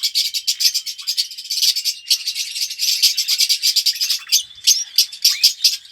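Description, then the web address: Red-rumped parrot song, rhythmic scratchy chatter pulsing steadily, with brief whistled slurs toward the end. "pevcii popugai. parrots psephotus-haematonotus"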